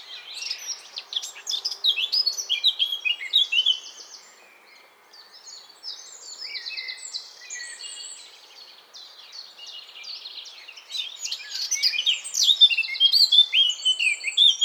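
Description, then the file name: Eurasian blackcap song: lively warbling phrases that drop to quieter scratchy chatter midway, then swell again into loud, clear whistled flourishes. "Sylvia atricapilla"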